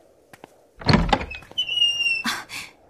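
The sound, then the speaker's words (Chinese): A door is opened to let in a visitor: a couple of sharp latch clicks, a heavy wooden thunk, then a thin, high-pitched hinge squeal and a brief rattling scrape as it swings. No one speaks. “我去开门。”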